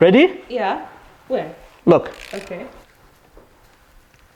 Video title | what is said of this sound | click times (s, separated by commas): FIXING THE ENGINE KNOCKING IN MY BROKEN CHEAP RANGE ROVER | no click listen listen | none